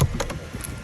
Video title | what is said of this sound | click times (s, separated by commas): How to install the HYBRID SHORT SHIFTER on a 10th gen Si (updates on the build) | You just stick your plastic tool, and you hear that and click. | 0.2 s